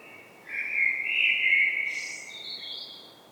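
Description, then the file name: Common blackbird giving one smooth, mellow fluted phrase that ends in a thin, high squeaky flourish. "Turdus merula"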